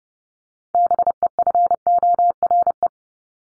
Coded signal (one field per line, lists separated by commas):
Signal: Morse code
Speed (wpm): 30 wpm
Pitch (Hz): 700 Hz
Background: none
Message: BEFORE